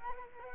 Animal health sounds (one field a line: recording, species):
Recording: mosquito wingbeat signal from an infrared sensor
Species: Culex quinquefasciatus